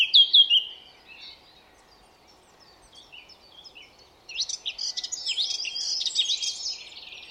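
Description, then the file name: Eurasian blackcap, a few clear whistled notes at the start, soft scattered chips, then a dense scratchy warbling burst. "Sylvia atricapilla"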